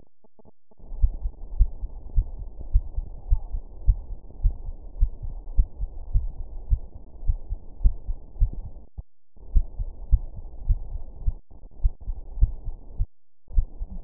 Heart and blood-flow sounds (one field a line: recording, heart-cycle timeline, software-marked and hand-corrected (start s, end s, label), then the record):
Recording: heart sounds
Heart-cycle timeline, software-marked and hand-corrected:
0.00	0.08	S2
0.08	0.36	diastole
0.36	0.46	S1
0.46	0.60	systole
0.60	0.70	S2
0.70	0.98	diastole
0.98	1.12	S1
1.12	1.22	systole
1.22	1.32	S2
1.32	1.56	diastole
1.56	1.70	S1
1.70	1.82	systole
1.82	1.92	S2
1.92	2.16	diastole
2.16	2.28	S1
2.28	2.40	systole
2.40	2.48	S2
2.48	2.72	diastole
2.72	2.84	S1
2.84	2.96	systole
2.96	3.06	S2
3.06	3.30	diastole
3.30	3.42	S1
3.42	3.52	systole
3.52	3.62	S2
3.62	3.86	diastole
3.86	4.00	S1
4.00	4.10	systole
4.10	4.18	S2
4.18	4.42	diastole
4.42	4.56	S1
4.56	4.66	systole
4.66	4.76	S2
4.76	5.00	diastole
5.00	5.12	S1
5.12	5.24	systole
5.24	5.34	S2
5.34	5.56	diastole
5.56	5.68	S1
5.68	5.80	systole
5.80	5.90	S2
5.90	6.14	diastole
6.14	6.30	S1
6.30	6.40	systole
6.40	6.48	S2
6.48	6.70	diastole
6.70	6.82	S1
6.82	6.94	systole
6.94	7.02	S2
7.02	7.26	diastole
7.26	7.38	S1
7.38	7.50	systole
7.50	7.58	S2
7.58	7.82	diastole
7.82	7.96	S1
7.96	8.08	systole
8.08	8.16	S2
8.16	8.40	diastole
8.40	8.54	S1
8.54	8.64	systole
8.64	8.72	S2
8.72	8.98	diastole
8.98	9.08	S1
9.08	9.20	systole
9.20	9.28	S2
9.28	9.54	diastole
9.54	9.66	S1
9.66	9.78	systole
9.78	9.88	S2
9.88	10.12	diastole
10.12	10.24	S1
10.24	10.36	systole
10.36	10.44	S2
10.44	10.68	diastole
10.68	10.80	S1
10.80	10.90	systole
10.90	11.00	S2
11.00	11.24	diastole
11.24	11.36	S1
11.36	11.48	systole
11.48	11.56	S2
11.56	11.82	diastole
11.82	11.92	S1
11.92	12.06	systole
12.06	12.16	S2
12.16	12.40	diastole
12.40	12.54	S1
12.54	12.66	systole
12.66	12.74	S2
12.74	12.96	diastole
12.96	13.06	S1
13.06	13.20	systole
13.20	13.28	S2
13.28	13.54	diastole
13.54	13.66	S1
13.66	13.78	systole
13.78	13.88	S2
13.88	14.04	diastole
From the record:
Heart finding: coronary artery disease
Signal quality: good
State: rest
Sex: female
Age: 67 years